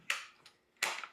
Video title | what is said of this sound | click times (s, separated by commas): BikeHand Repair Stand Review: Is This Budget Bike Stand Worth It for Home Mechanics? | This head is going to snap in place, | 0.1 s, 0.8 s